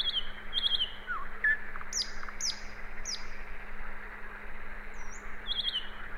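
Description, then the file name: Common nightingale song phrases: sharp descending whistles, a few high clipped notes and short buzzy bursts, widely spaced, over a steady low hum. "Luscinia megarhynchos"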